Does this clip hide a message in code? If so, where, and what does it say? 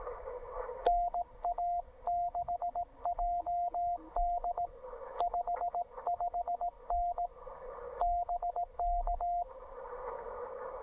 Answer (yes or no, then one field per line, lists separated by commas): yes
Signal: Morse code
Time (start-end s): 0.9-9.4 s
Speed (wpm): 18 wpm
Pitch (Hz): 700 Hz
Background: radio noise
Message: NA6JD 55N BK